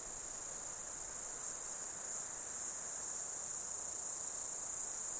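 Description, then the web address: Insects give an even, high, unbroken buzzing drone for the whole stretch, steady in loudness. Insects during an Australian summer, outdoors. "Foundation 1 AMBIENCE AUSTRALIAN SUMMER INSECTS"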